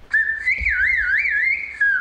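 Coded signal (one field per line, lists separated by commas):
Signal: whistled language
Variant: Turkish Kuş dili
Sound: a loud sustained whistle rising and falling in quick wavy glides, then settling lower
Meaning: Don't forget to call Ahmet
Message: Ahmet'i aramayı unutma.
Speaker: He's helped to make an app that his students who've already learned how to whistle can practice with. Ahmet'i aramayı unutma.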